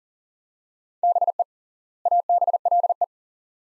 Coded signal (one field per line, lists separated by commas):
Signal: Morse code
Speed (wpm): 40 wpm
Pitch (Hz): 700 Hz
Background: none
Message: BE ABLE